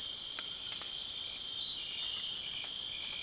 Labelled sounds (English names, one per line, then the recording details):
none
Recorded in dense forest near Puerto Asís, Putumayo, Colombia, on 24 March 2025 at 23:00
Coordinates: 0.499, -76.324
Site GP03